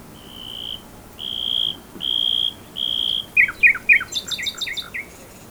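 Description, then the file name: Common nightingale song: four long, level whistles, each about half a second, then a quick run of downslurred chirps and higher notes. "Luscinia megarhynchos"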